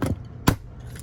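A hand rivet tool is pumped to set an aluminium blind rivet into an interior aluminium panel of an Airstream. A first sharp hit comes at 0.0 s, followed by a louder, broadband pop at 0.5 s, taken as the mandrel snapping. The rivet is seated.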